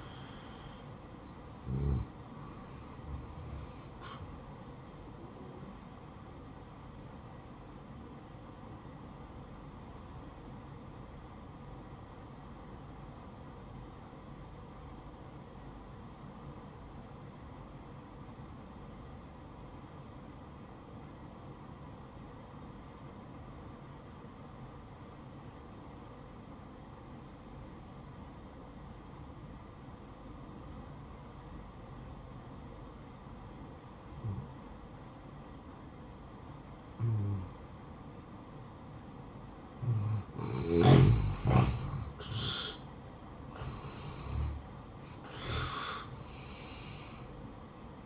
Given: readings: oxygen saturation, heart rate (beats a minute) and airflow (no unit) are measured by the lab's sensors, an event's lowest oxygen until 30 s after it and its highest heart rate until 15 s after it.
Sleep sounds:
breathing in sleep by a smartphone at the bedside; 1
10.00-42.00 s: obstructive apnea (N1, oxygen 96% highest, then 85% lowest, heart rate 64 at the start, 70 highest)
From the record:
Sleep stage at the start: N1 (lightest sleep); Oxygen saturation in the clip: 84 to 96%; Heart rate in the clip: 59 to 70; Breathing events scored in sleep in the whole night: 573 in 9.8 hours asleep

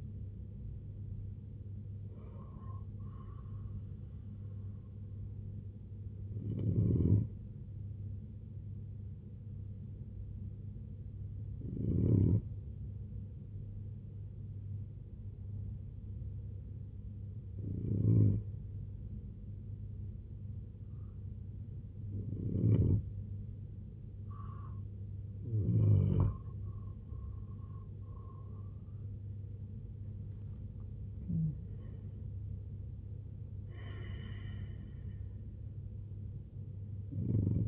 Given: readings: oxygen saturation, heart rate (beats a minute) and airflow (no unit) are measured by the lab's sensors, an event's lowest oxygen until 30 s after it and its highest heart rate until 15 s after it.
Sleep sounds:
breathing in sleep by a smartphone at the bedside; 1
16.00-32.20 s: hypopnea (N2, oxygen 94% highest, then 90% lowest, heart rate 70 at the start, 94 highest)
From the record:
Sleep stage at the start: N2 (light sleep); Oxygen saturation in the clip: 90 to 94%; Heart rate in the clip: 61 to 94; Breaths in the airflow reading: 8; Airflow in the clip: -9.7 to 8.0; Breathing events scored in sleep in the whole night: 258 in 7.4 hours asleep

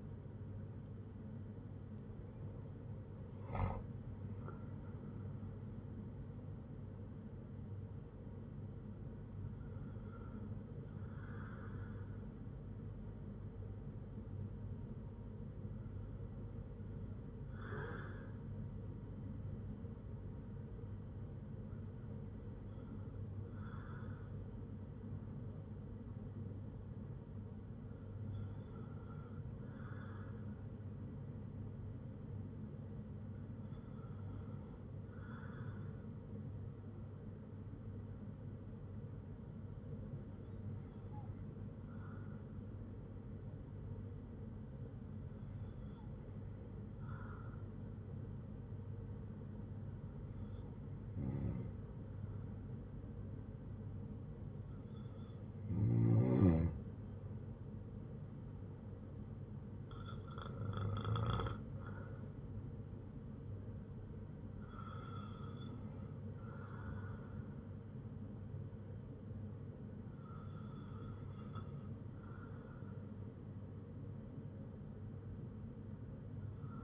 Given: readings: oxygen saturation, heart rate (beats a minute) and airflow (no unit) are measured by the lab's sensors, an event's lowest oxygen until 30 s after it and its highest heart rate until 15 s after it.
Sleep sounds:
breathing in sleep by a smartphone at the bedside; none
none scored
From the record:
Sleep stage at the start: N2 (light sleep); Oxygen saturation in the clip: 94 to 98%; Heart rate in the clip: 55 to 81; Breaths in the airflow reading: 13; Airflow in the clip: -11.1 to 12.4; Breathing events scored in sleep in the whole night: 182 in 7.4 hours asleep

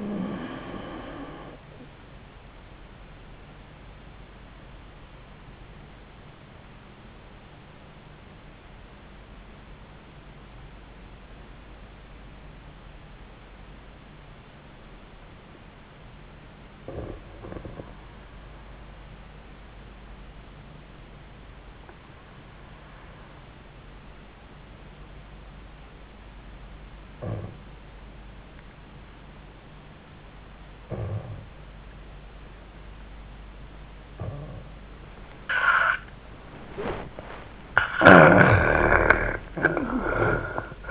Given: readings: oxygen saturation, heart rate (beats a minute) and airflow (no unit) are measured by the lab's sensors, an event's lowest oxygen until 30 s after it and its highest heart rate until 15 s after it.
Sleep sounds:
breathing in sleep by a voice recorder at the bedside; 1
8.00-40.91 s: new sleep stage, N2 (light sleep)
10.00-35.20 s: obstructive apnea (N2, oxygen 98% highest, then 73% lowest, heart rate 75 at the start, 90 highest)
From the record:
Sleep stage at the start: N1 (lightest sleep); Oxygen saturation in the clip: 73 to 98%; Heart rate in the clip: 67 to 109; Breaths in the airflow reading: 3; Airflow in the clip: -14.8 to 9.6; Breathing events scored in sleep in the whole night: 400 in 8.7 hours asleep

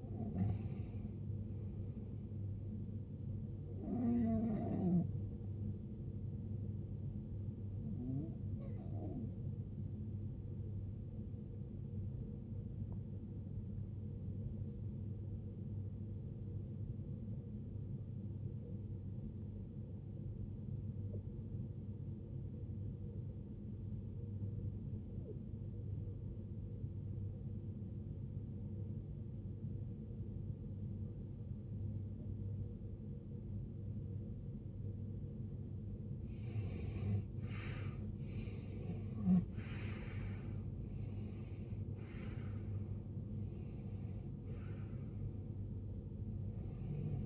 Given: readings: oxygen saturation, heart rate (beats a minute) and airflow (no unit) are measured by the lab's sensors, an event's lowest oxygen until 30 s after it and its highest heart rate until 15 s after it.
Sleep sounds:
breathing in sleep by a smartphone at the bedside; 1
17.00-37.90 s: obstructive apnea (N1, oxygen 94% highest, then 86% lowest, heart rate 78 at the start, 78 highest)
From the record:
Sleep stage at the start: N1 (lightest sleep); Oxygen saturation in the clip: 90 to 95%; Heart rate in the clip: 49 to 81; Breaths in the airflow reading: 7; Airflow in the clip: -21.1 to 18.3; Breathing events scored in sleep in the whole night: 389 in 6.3 hours asleep

